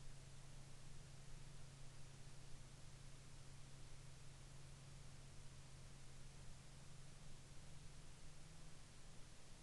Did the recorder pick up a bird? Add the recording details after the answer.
no. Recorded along the Dempster Highway, Canada, on 1 November 2019 at 00:02. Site 20